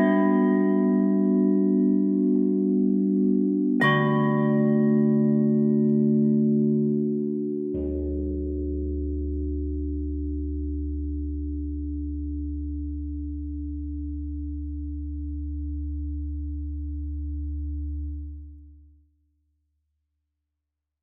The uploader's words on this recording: 5Elements - Instruments - Tubular Bells - Mallet.